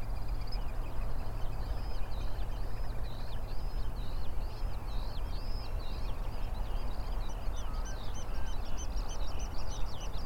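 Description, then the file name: Eurasian oystercatcher piping: a quick run of shrill, arched kleep notes speeding into a trill, with further calls joining later over constant low rumble. Several birds recorded at the Rye Harbour river mouth on 9 May 2022. "220509 0057 Rye Harbour river mouth Oystercatchers"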